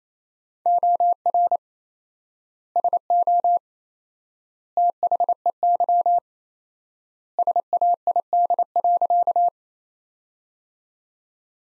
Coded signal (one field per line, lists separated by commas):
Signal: Morse code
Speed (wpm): 28 wpm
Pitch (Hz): 700 Hz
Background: none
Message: OR SO THEY SAID.